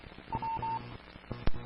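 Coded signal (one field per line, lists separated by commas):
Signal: none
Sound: repeater courtesy tone beeps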